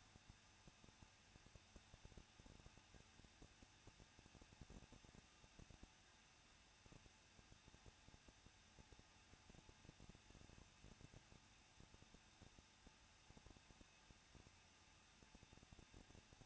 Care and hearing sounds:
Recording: daily activity, microphone in the room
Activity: no activity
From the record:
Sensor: 2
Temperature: 21.0 degrees Celsius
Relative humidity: 37.5%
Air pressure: 1006.2 hPa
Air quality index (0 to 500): 223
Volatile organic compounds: 25 ppm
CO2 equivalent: 2825 ppm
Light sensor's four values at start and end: 2/3/2/2 and 2/3/2/2

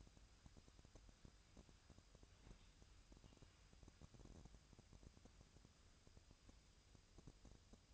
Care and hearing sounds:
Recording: daily activity, microphone in the room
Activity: wipe stove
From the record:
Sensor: 2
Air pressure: 1003.2 hPa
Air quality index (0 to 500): 202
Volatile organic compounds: 6 ppm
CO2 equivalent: 1923 ppm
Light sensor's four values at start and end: 8/19/8/8 and 8/19/8/8

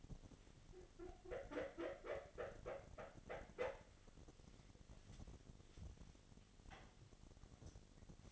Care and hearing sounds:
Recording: daily activity, microphone in the room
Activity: wipe stove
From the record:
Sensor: 4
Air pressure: 1007.8 hPa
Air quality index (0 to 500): 198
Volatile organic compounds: 7 ppm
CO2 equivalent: 1980 ppm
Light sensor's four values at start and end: 22/71/27/26 and 22/71/27/26

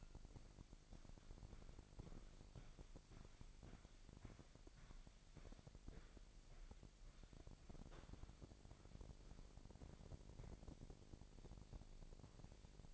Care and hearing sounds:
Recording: daily activity, microphone in the room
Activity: walk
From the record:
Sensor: 5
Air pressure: 1001.7 hPa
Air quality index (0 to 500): 183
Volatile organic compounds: 12 ppm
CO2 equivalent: 2353 ppm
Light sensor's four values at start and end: 32/105/40/42 and 32/105/40/42

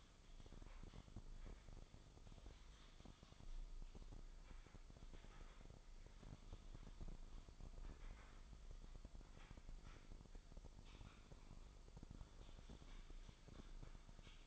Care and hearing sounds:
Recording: daily activity, microphone in the room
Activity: typing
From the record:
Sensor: 5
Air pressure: 995.4 hPa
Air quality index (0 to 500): 87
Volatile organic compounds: 4 ppm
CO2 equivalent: 1614 ppm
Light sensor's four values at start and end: 25/62/24/22 and 26/63/24/23

